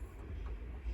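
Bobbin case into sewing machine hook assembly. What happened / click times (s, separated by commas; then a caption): The part is being handled but has not clicked into place / none. A threaded bobbin case, its thread run under the tension spring, is handled toward the hook assembly of a sewing machine with its tail pointing to the top. Only a steady low-frequency rumble is heard, with no sharp transients. Nothing has seated or clicked yet.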